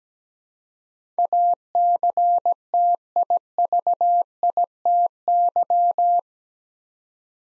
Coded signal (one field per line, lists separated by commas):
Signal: Morse code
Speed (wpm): 17 wpm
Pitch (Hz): 700 Hz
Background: none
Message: ACTIVITY